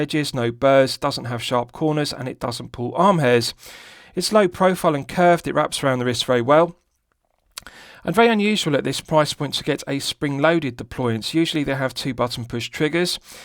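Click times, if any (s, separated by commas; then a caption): 7.6 s. Someone talks about a Boderry Checkmate BD008 watch, then pauses while the spring-loaded steel deployant clasp on its bracelet is snapped closed. Both halves snap shut under strong spring tension with a sharp, positive click at 7.6 s, seating the clasp firmly. The talking then resumes.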